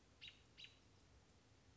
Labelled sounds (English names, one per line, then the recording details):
American Robin
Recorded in Sonoma County, California